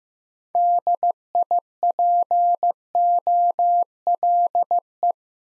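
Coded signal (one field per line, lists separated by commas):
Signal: Morse code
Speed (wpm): 15 wpm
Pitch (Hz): 700 Hz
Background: none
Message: DIPOLE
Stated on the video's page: Morse head-copy drill of common QSO elements at 15 wpm, each sent in Morse, spoken, then sent again.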